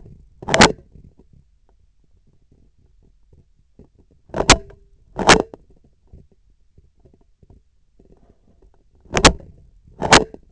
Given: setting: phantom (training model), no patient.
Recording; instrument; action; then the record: laparoscopic instrument, vibration sensor on the handle end; scissors; opening and closing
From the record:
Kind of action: tool actuation without material contact